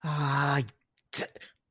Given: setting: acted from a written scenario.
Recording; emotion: vocal sound without words; shame